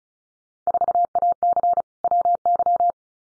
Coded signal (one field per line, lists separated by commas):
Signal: Morse code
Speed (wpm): 34 wpm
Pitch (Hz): 700 Hz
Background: none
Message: 4AC WY